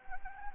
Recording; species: mosquito wingbeat signal from an infrared sensor; Anopheles arabiensis